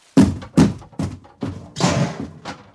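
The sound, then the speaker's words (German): Five heavy thuds of a special unit forcing entry into an apartment pound out at a steady pace, the last one bursting into a longer, noisier crash as if wood splinters, with a sharp knock at the end. “Rumsen. Krachen. Splittern. Die Spezialeinheit dringt in die Wohnung ein.”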